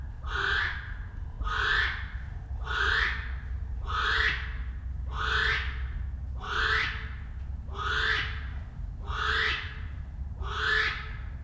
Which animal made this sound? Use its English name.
North Island Brown Kiwi